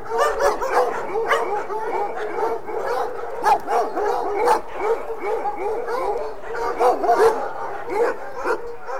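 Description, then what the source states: Dogs barking and yipping together, a steady overlapping clamour of several animals with occasional louder sharp barks. A pack of dogs.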